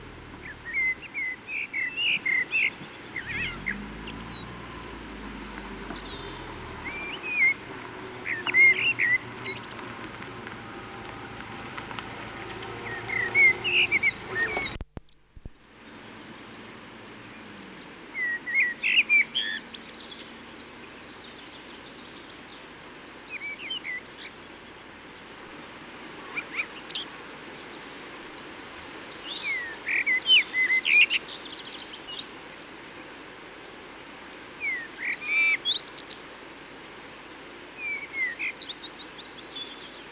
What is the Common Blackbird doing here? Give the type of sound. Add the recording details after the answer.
song. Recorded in the wild. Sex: male. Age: adult. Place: Oberstdorf, Bayern, DE. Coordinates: 47.4244, 10.2572. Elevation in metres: 880. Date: 1976-04-04. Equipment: Nagra IV, Sennheiser MKH 405, Parabolreflektor. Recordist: Tretzel, Erwin